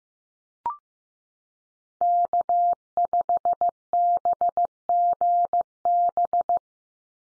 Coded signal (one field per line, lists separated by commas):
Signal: Morse code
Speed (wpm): 15 wpm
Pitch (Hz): 700 Hz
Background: none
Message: K5BGB